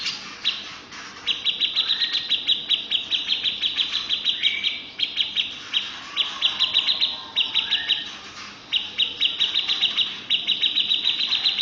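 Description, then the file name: Grey-cheeked bulbul delivering long bursts of rapid, high, metallic trilling, with occasional lower whistled notes slipped between phrases and short gaps throughout. "cucak jenggot om firly"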